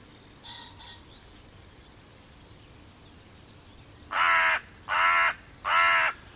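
Bird giving three loud, harsh caws spaced under a second apart near the end, after a faint, brief call early on and a stretch of quiet hiss.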